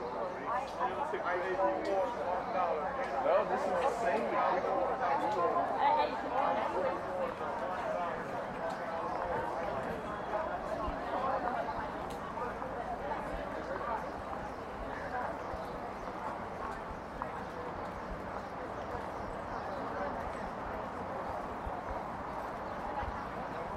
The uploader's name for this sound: Counterclockwise around the White House